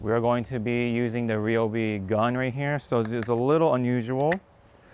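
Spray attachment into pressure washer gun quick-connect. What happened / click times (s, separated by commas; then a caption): The attachment is handled but has not yet snapped into the gun / none. A spray attachment is handled at the quick-connect of a plastic Ryobi pressure washer gun while someone talks over most of the clip, which then falls quiet near the end. Nothing has seated or clicked yet.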